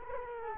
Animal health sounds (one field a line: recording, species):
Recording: mosquito wingbeat signal from an infrared sensor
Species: Culex quinquefasciatus